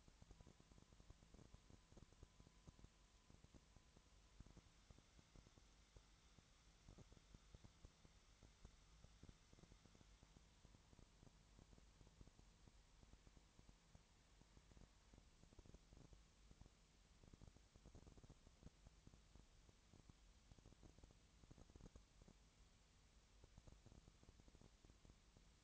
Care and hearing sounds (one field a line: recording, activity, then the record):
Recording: daily activity, microphone in the room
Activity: no activity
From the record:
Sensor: 3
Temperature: 20.6 degrees Celsius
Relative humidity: 34.7%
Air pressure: 1007.2 hPa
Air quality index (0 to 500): 137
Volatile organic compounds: 3 ppm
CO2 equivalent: 1529 ppm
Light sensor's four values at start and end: 2/3/2/2 and 2/3/2/2